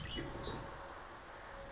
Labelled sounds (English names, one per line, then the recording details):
Bewick's Wren
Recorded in Sonoma County, California